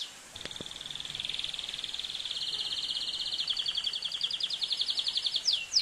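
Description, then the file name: Atlantic canary song: a sustained high trill, steady at first and becoming slower and more distinct, ending with sharp downward-swept notes; faint clicks near the start. "canto do canario do reino"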